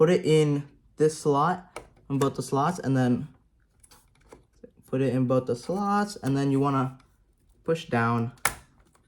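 A RAM memory module is being fitted into a motherboard memory slot while someone talks, with a few faint, brief handling ticks between phrases around 3.8 to 4.6 seconds and again near 8.8 to 9.0 seconds. The clip ends before the module is pushed down; nothing has seated or clicked yet.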